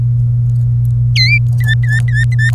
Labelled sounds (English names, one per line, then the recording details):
Domestic Canary song
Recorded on 27 April 2018 at 08:33
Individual llb3